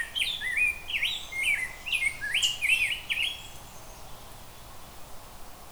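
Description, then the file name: Rose-breasted grosbeak delivering a flowing phrase of sweet, up-and-down whistled notes for about three seconds, then falling silent apart from soft hiss. "Rose Breated Grosebeak"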